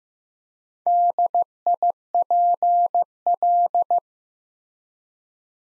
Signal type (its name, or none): Morse code